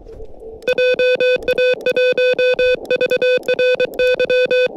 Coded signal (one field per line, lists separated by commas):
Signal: Morse code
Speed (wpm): 24 wpm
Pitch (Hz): 500 Hz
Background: music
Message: JA1VRY